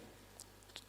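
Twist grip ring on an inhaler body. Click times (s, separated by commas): 0.4 s, 0.8 s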